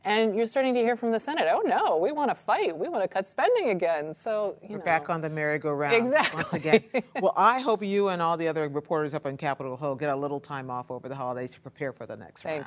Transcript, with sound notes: And you are starting to hear from the Senate, oh, no, we want to fight, we want to cut spending again. So...
Back on the merry-go-round once again.
(LAUGHTER) Exactly.
Well, I hope you and all the other reporters up on Capitol Hill get a little time off over the holidays to prepare for the next round.